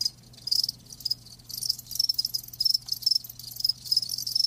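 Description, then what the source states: Crickets trilling in high-pitched, rapid pulses, quieter at the start and then building into repeated bursts, a low hum beneath. Live crickets chirping with a lulling song.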